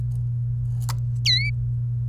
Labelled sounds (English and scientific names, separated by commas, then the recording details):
Domestic Canary (Serinus canaria) song
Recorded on 29 April 2018 at 11:28
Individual llb3